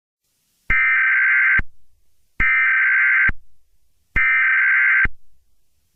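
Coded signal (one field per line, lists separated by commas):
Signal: Emergency Alert System (SAME) tones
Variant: header bursts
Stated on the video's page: Fictional EAS scenario whose tones may be valid.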